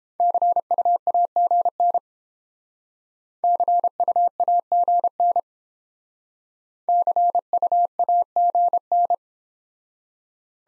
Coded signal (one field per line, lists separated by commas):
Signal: Morse code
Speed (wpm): 31 wpm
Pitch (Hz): 700 Hz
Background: none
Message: CUAGN CUAGN CUAGN